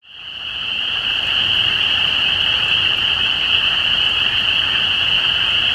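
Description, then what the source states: Spring peeper chorus fades in over the first second, then holds as a steady, shrill, high ringing of many overlapping peeps. Recorded at Easter 2017.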